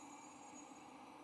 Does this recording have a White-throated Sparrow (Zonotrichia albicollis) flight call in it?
no